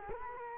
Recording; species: mosquito wingbeat signal from an infrared sensor; Culex quinquefasciatus